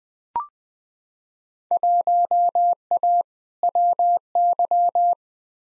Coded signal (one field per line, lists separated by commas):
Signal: Morse code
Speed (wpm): 20 wpm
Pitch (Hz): 700 Hz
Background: none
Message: 1A WY